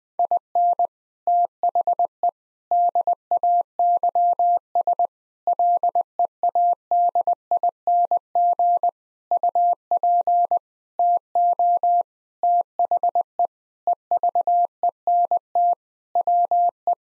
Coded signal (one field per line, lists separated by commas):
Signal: Morse code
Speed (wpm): 20 wpm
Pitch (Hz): 700 Hz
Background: none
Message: IN THE DAYS LEADING UP TO THE EVENT WE